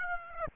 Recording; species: mosquito wingbeat signal from an infrared sensor; Aedes aegypti